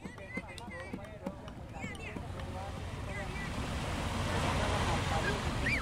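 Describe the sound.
Caribbean sea waves lap gently against the beach promenade in Santa Marta, Colombia, in a steady, hissing wash that swells louder toward the end, with indistinct voices chattering over the water in the first half.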